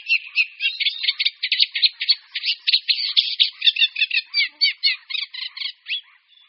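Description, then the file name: Eurasian reed warbler singing a fast, churring chatter of grating and clicking notes, several each second, with the rhythm shifting as phrases are repeated, then trailing off near the end. "Rákosník-obecný"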